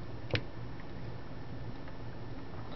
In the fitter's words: and then you push until you hear a click